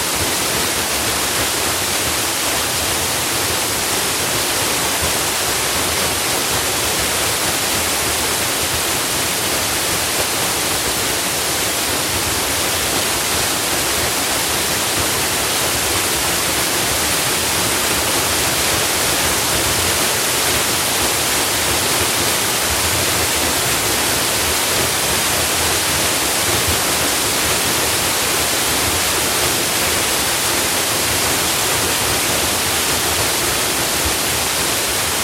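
A waterfall roars without pause, a dense, unbroken rush that stays at the same level for the whole stretch. The sound is full and hissing, weighted toward the bright side with a softer low rumble beneath. No other sounds break through the water.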